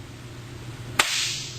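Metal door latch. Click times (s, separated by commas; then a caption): 1.0 s. Both door latches on a Cirrus SR22 aircraft, first snapped into the closed position by hand, are released by pressing the door release button very slowly. Over a steady low hum, a single sharp snap at 1.0 s marks both latches springing open together, followed by a brief rise in hiss. The latches release simultaneously rather than one after the other.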